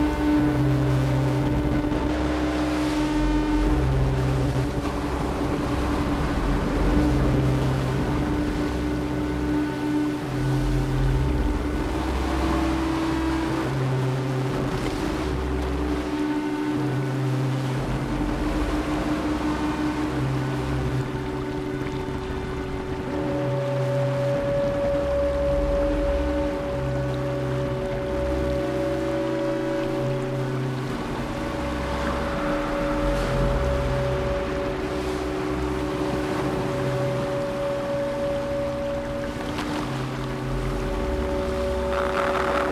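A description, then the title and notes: Sea off Albania, heard under a steady motorboat drone that runs the whole time with a low, throbbing pulse. A sustained whine sits above it, shifting pitch at about 23 seconds and again near 31, while a wash of water hiss fills the top. Gjipe waves reimagined by Ard Janssen. The sound of the sea in Albania.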